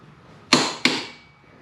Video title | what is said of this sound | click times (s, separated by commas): Installing LIghTech Chain Adjusters on Kevins 2018 Kawasaki ZX10R | Yeah, that's, hear that click? | 0.5 s